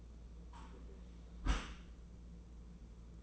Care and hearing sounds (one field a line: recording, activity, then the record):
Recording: daily activity, microphone in the room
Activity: close dishwasher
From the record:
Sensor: 1